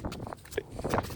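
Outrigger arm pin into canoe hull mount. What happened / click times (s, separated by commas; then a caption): The fitting clicked into its mount / 1.0 s. A pinned connecting arm of an outrigger canoe is angled into its hull mount until it sits flush, with scattered knocks and handling noises along the way. A sharp click at 1.0 s marks the arm seating in the mount.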